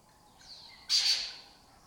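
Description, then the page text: Lesser kestrel giving a single harsh, rasping squawk, high-pitched and brief, over a quiet background. Breeding colony occupying an abandoned building or house complex in Doñana, southern Europe; migratory, foraging in West Africa and breeding in southern Europe. "Lesser Kestrels Took Over an Abandoned Building. Here in Doñana"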